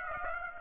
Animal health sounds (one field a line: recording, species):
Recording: mosquito wingbeat signal from an infrared sensor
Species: Aedes aegypti